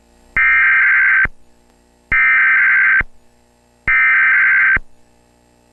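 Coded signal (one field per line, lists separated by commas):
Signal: Emergency Alert System (SAME) tones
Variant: header bursts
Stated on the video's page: Compilation of EAS alerts by year, 1997 to 2010, including required weekly and monthly tests and weather and child abduction warnings.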